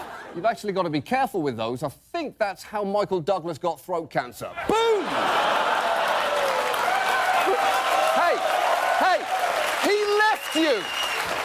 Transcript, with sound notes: You've actually got to be careful with those. I think that's how Michael Douglas got throat cancer. Boom.
(LAUGHTER)
Hey, hey, he left you.